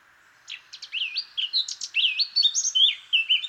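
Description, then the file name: Eurasian blackcap song, starting with quick scratchy chatter and turning into loud, clear, fluty warbling that runs about three seconds. "Sylvia atricapilla"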